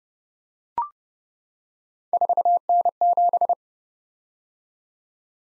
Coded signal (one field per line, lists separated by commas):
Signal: Morse code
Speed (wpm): 28 wpm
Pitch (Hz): 700 Hz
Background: none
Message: 4N7